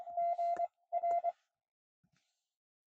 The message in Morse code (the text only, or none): GR